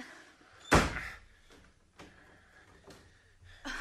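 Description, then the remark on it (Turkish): A front door shuts with one loud, heavy slam, followed by a few faint knocks and rattles and a softer bump at the end. “Onu ön kapıdan dışarı atacağım.”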